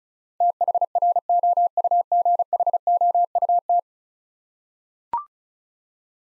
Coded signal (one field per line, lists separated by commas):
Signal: Morse code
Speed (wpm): 36 wpm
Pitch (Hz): 700 Hz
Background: none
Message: THROUGHOUT